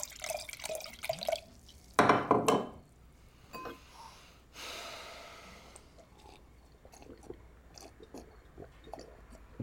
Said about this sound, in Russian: открывает вино и наполняет бокал.